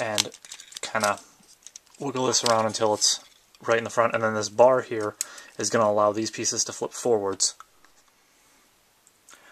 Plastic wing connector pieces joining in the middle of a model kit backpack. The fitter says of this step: there's a connection here in the middle that uh doesn't really snap into place but it more or less just rests against each other